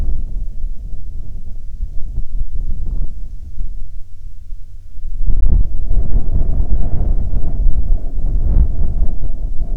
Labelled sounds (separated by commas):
wind, aircraft